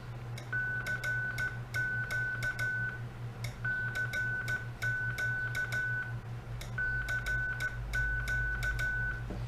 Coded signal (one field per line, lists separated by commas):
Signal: Morse code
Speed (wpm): 15 wpm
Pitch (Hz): 1500 Hz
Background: none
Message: CQ CQ CQ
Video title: Radio Aquário RP80 ajustes para operação no modo CW.